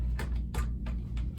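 A camera's quick-release plate is locked onto the tripod head's quick-release mount and snaps securely into place with a sharp click at 0.6 s. Several shorter broadband ticks sound around it over a steady low hum.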